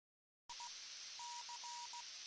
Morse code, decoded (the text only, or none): IC